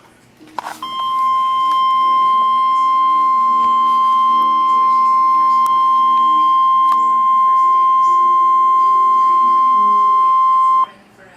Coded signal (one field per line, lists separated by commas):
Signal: Emergency Alert System (SAME) tones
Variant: 1050 Hz attention tone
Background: speech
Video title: EAS Alert #326 (SVR)